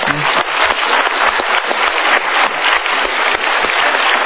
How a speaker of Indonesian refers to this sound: Super, Pak. Kita kuat, berikan tepuk tangan yuk.